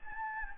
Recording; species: mosquito wingbeat signal from an infrared sensor; Anopheles gambiae